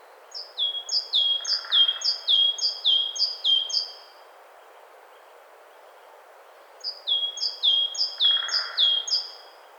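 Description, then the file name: Great tit song: quick descending two-note phrases, bright and clipped, repeated in two strings of several phrases with a quiet gap between. "Parus major"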